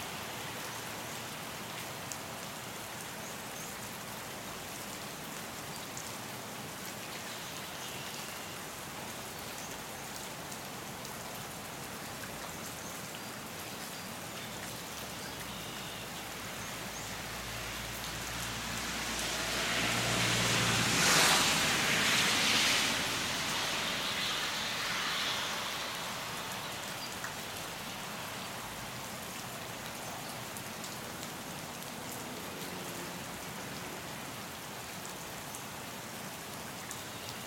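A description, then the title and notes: Steady rain patters throughout, a dense, even hiss of drops on a surface. Around the twentieth second a passing vehicle rises out of the rain as a low rumble and a brighter swish, peaking near 21 seconds before fading by about 26. Rainy Morning & Traffic. Recorded in the morning and mixed in Audition.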